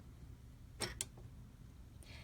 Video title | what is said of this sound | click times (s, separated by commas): Janome QDC Series Threading Your Bobbin and Machine | Now I'm going to stop talking for a minute because you're going to hear a click. | 1.0 s